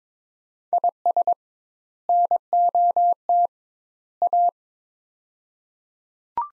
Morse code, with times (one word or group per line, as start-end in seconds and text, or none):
0.7-1.3 IS
2.1-3.5 NOT
4.2-4.5 A